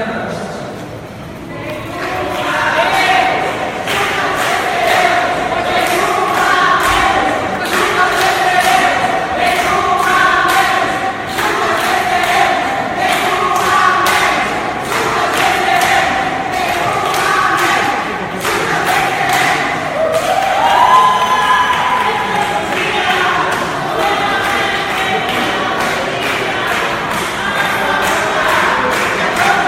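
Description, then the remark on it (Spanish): A crowd of women accompanying Marielle chants the protest slogan 'Ni una menos, junta venceremos' in loud unison, the voices rising and falling in a steady rhythm over sharp, repeated thumps or claps that continue for the whole stretch. “Ni una menos, junta venceremos, gritaban las chicas que acompañaban a Marielle.”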